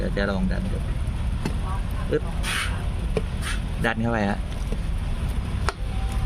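A replacement plastic lid-release button with a spring is pushed into the housing of a Philips HD 3030 rice cooker with help from a flat screwdriver, while someone talks over a steady background hum. Faint ticks are heard at 1.5 s and 3.2 s, then a sharp click at 5.7 s as the button seats in place and the cooker is usable.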